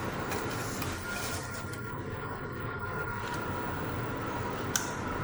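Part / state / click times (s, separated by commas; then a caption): steering wheel into RC truck cab dashboard / seated / 4.8 s. The steering wheel of a 1/14 RC 4x4 Unimog 535 is pressed onto its mount on the cab dashboard, over a steady broadband hiss and hum. A short, sharp click at 4.8 s marks the wheel seating, and a clear click like this means the steering wheel is securely fixed in place.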